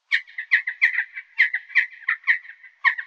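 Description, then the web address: Bird calls, a quick, uneven series of harsh, squawking notes at about the same pitch, with no other sounds. "musicradar outdoor-samples Birds"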